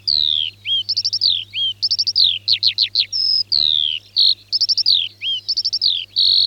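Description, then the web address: Eurasian skylark song: a rapid, continuous stream of high whistled notes, trills and slurred phrases, with a faint low hum underneath. "Alauda arvensis. ns svatomartinska alej"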